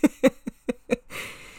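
Five short, rough bursts come in a quick run about a fifth of a second apart, then a brief breathy rasp trails off. It is a dog's coughing fit: a rapid series of hacking coughs indoors in a small room.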